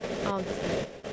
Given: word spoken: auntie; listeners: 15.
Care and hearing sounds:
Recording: one English word in noise, from a listening test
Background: noise modulated by three-talker babble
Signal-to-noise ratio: -3.7 dB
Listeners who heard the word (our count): 1 of 15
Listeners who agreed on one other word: 7 of 15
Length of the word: 0.73 s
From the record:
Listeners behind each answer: 7, 2, 1, 1, 1, 1, 1, 1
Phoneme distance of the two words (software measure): 20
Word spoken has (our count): 2 syllables, 4 phonemes, stress on syllable 1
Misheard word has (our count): 2 syllables, 4 phonemes, stress on syllable 1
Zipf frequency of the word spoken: 4.04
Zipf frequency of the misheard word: 5.56

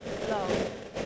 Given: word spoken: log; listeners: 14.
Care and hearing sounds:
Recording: one English word in noise, from a listening test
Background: noise modulated by three-talker babble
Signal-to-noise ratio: -4.6 dB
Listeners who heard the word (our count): 0 of 14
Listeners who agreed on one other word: 10 of 14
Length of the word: 0.66 s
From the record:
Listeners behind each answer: 10, 3, 1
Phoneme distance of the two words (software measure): 10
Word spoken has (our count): 1 syllable, 3 phonemes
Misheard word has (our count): 1 syllable, 3 phonemes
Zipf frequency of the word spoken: 4.09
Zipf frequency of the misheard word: 5.80

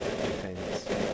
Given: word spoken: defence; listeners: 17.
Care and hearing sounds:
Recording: one English word in noise, from a listening test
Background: noise modulated by three-talker babble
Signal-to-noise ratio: -7.3 dB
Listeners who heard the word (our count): 2 of 17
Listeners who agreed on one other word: 11 of 17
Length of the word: 0.74 s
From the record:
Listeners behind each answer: 11, 2, 1, 1, 1, 1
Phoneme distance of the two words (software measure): 27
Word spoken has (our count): 2 syllables, 6 phonemes, stress on syllable 2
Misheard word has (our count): 2 syllables, 7 phonemes, stress on syllable 2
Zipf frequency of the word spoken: 4.89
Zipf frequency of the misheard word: 4.52

